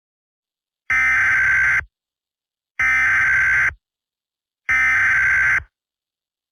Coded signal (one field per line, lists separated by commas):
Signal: Emergency Alert System (SAME) tones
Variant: header bursts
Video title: The Dead Crowd 1&2: (EAS Scenarios)